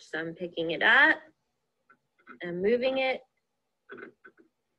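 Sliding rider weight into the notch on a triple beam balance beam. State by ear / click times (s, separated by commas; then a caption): not seated / none. A rider weight on a triple beam balance is picked up and slid along the beam toward its notch while someone talks. Only faint, brief handling ticks are heard between the speech, and nothing has seated or clicked into the notch yet.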